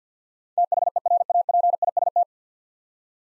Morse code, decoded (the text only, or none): THERAPIST